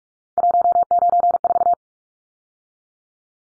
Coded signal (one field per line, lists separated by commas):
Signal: Morse code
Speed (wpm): 44 wpm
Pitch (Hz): 700 Hz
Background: none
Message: 194